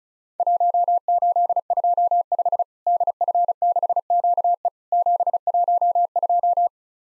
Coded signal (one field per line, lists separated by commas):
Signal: Morse code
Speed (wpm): 36 wpm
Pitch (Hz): 700 Hz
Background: none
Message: 1825 DF6QE 712